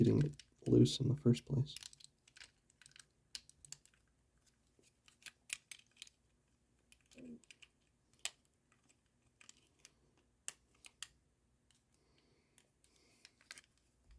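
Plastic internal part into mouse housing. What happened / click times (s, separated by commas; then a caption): Small plastic part handled and worked at, not yet seated / none. A loose plastic internal part of a modded wireless mouse is worked back into its seat in the mouse housing by hand during reassembly. Someone talks at the start, followed by a series of small, sharp plastic clicks and taps, with the strongest at 3.4, 8.3, 10.5 and 11.0 seconds. Nothing has seated or clicked into place yet when the clip ends.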